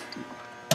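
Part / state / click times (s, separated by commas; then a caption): harness connector with locking lever into the engine control module / seated / 0.7 s. A wiring harness connector is pushed back onto the engine control module of a 2005 Dodge Ram 1500 4x4 with the 4.7 liter engine, during diagnosis of codes P0685 and P0688, and its locking lever is swung back in. Over a low steady hum with a faint tick near 0.1 s, the lever latches with a sharp, loud click at 0.7 s, and the connector is seated.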